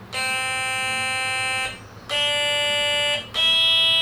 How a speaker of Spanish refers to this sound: Y me sacaron lo que llamamos nosotros el politono vintage. Que dice los compañeros que es como un Don Simón. Que era un juguete antiguo que daba los tonos musicales. Que da los tonos, mira, escucha.